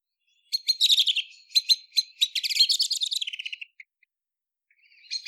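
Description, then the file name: Common blackbird chattering: quick bursts of sharp, high clicking notes, then a long rapid rattling series that slows and fades, with a final short burst at the end. "Turdus merula"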